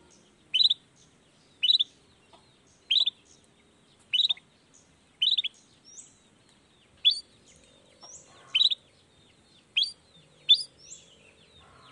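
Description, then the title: Long-tailed shrike song: clipped high notes roughly every second, later mixed with thin whistles and chips. Recorded in the morning; called a chattering, well-singing bird, with 'toet toet' voice variations, played to stimulate lazy shrikes to start singing. "Cendet Gacor Dor Di Kala Pagi Toet Toet Variasi Suara. Cendet Gacor Di Pagi Hari Rangsangan Emosi Cendet Malas Bunyi Supaya Secepatnya Ikutan Bunyi"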